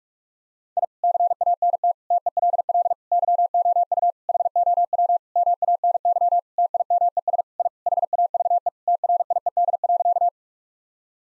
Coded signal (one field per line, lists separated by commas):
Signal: Morse code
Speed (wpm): 41 wpm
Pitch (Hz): 700 Hz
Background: none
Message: I CANT TELL YOU HOW MANY TIMES I HAVE TRIED.